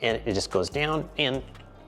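Someone talks while lowering the folding stem of a 2024 Solar P1 Pro electric scooter past the safety catch toward the folded position. The metal stem latch is being handled but has not locked in yet. Nothing has seated or clicked in this clip.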